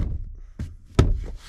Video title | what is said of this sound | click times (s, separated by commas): 2003 F350 7 3L Seatbelt retracting issue-fix | um all right snapped in place and there | 1.0 s